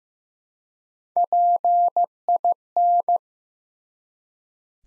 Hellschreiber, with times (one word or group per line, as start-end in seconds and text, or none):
none